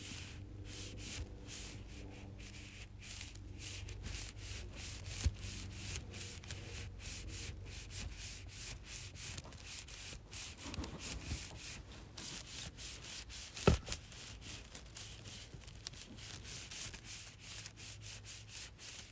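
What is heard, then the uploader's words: Small straws are rubbed together in a steady, dense scratching that runs the whole time, made of quick bright rasps packed close together. A low hum sits underneath through the first half. Sharp clicks stand out around five seconds and again near fourteen seconds. Rubbing Small Straws Together.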